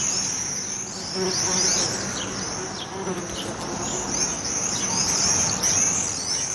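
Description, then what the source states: Common Swifts giving high, shrill screaming calls, thin downward-sweeping notes overlapping continuously, with a low buzzing hum beneath. Listener's summer holiday recording; swifts, with a bumblebee buzzing a little too.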